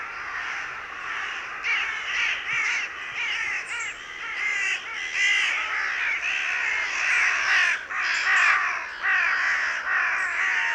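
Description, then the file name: Carrion crow caws, a steady run of rough, nasal calls repeated about once a second without pause. "Corvus corone"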